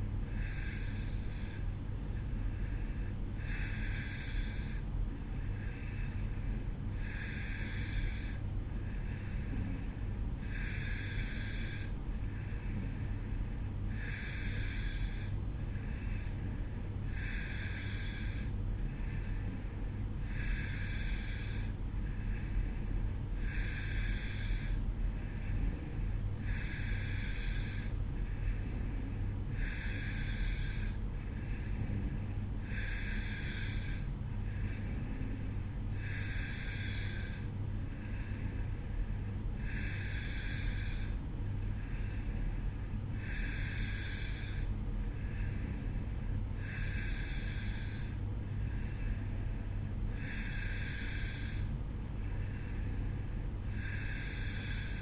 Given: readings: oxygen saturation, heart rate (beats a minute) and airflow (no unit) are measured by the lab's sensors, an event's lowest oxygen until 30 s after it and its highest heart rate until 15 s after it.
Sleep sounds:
breathing in sleep by a smartphone at the bedside; none
none scored
From the record:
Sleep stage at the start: N2 (light sleep); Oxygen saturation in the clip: 91 to 92%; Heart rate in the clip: 55 to 58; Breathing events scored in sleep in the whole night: 305 in 9.6 hours asleep

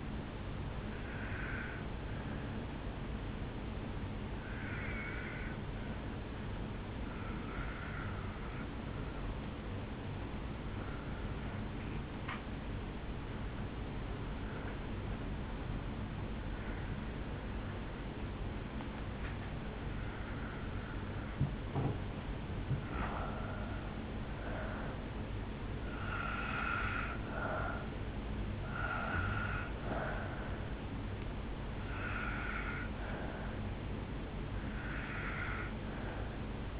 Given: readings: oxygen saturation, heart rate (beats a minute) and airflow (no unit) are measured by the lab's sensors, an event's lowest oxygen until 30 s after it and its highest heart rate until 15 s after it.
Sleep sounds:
breathing in sleep by a voice recorder at the bedside; 1
4.00-36.79 s: new sleep stage, N2 (light sleep)
7.00-21.80 s: obstructive apnea (N2, oxygen 96% highest, then 87% lowest, heart rate 53 at the start, 68 highest)
From the record:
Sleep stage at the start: N1 (lightest sleep); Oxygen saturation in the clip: 90 to 97%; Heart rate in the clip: 53 to 68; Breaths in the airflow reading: 7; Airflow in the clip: -8.0 to 4.5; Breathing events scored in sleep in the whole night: 449 in 7.0 hours asleep

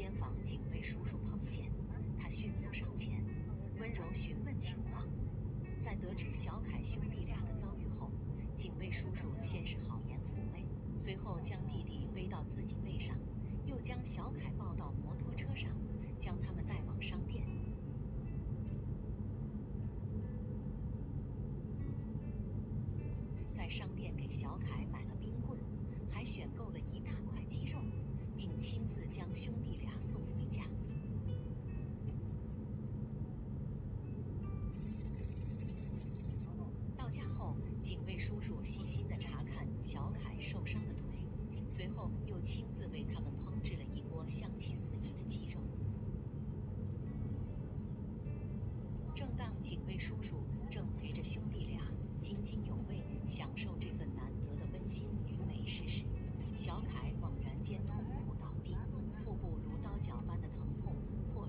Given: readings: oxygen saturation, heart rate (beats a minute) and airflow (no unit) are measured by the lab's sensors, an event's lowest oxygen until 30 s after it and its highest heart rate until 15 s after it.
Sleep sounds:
a person awake in a sleep study, by a smartphone at the bedside; none
0.00-61.49 s: awake
From the record:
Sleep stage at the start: awake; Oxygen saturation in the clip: 94 to 96%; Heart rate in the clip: 71 to 78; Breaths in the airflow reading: 15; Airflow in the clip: -6.4 to 5.9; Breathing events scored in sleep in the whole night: 131 in 7.2 hours asleep

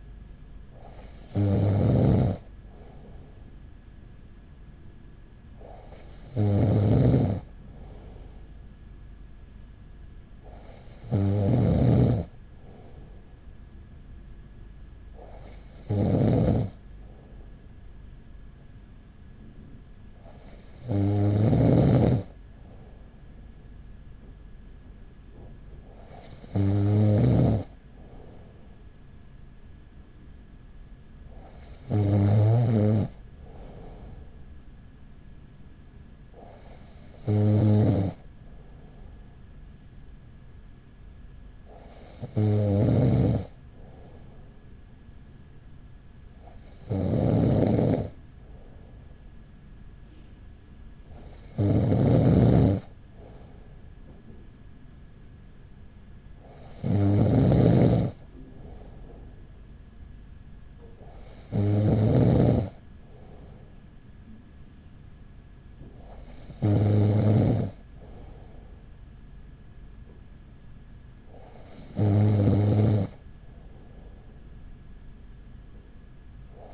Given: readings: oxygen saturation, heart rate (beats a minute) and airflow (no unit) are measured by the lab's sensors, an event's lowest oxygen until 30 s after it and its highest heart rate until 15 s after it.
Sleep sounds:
breathing in sleep by a smartphone at the bedside; none
none scored
From the record:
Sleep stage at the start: N2 (light sleep); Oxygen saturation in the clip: 95 to 96%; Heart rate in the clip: 40 to 44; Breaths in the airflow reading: 15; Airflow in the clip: -5.2 to 5.9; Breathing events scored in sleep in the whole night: 207 in 7.6 hours asleep

